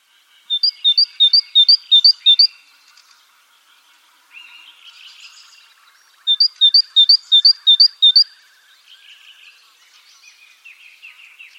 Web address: SETE data Parus major